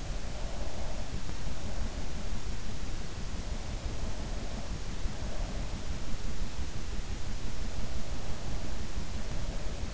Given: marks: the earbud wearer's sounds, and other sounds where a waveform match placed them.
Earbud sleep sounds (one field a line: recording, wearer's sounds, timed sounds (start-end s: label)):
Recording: sounds in sleep by an in-ear microphone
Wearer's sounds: breath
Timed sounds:
0.00-1.11 s: breath